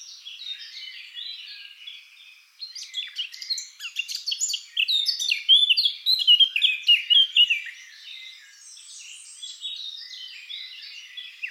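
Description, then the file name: Eurasian blackcap warbling song: quiet chatter at first, then a loud run of quick, jumbled notes with a few clearer whistles, fading to soft twitters. "Sylvia atricapilla"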